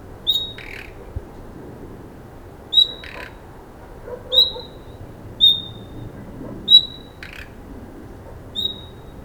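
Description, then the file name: Common nightingale: a piercing, high single whistle repeated several times, with quick raspy clicks between some of the notes. "Luscinia megarhynchos"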